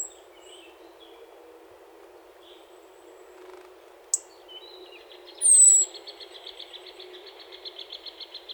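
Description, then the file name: European robin giving a single loud, thin, high whistle that slides downward, followed by a rapid pulsed series of soft lower notes, over faint background hiss. "Erithacus rubecula"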